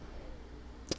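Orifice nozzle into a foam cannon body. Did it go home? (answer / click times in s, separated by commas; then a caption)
yes / 0.9 s. A 1.1 mm orifice nozzle is turned left inside a foam cannon body until it clicks into its seat. A low steady background hum runs under the clip, and a single short, sharp click lands at 0.9 s. The orifice is seated.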